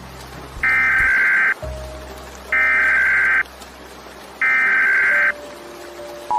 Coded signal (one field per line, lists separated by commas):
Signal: Emergency Alert System (SAME) tones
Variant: header bursts